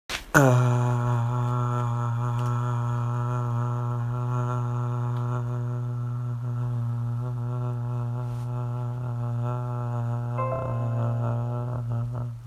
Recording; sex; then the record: sustained vowel /a/; male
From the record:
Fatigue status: no fatigue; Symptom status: asymptomatic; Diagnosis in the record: COVID-19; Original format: m4a